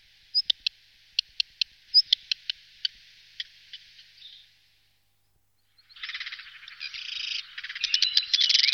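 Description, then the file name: Black redstart giving sharp high ticking clicks and brief whistles in an irregular series, then after a silent gap a scratchy crackling warble with buzzy notes. "phoenicurus ochruros"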